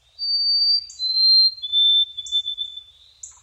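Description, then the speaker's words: White-throated Sparrow song, long clear whistled notes stepping down in pitch, each held steady. These sparrows are everywhere in the producer's neighborhood. "I tear up a little every time I hear the song of a white-throated sparrow, thinking about Ada's poem, Sparrow, What Did You Say? And"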